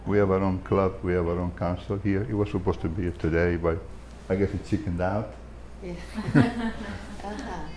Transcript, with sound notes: We have our own club; we have our own consul here. He was supposed to be here today, but I guess he chickened out! [Laughs]
Uh-huh.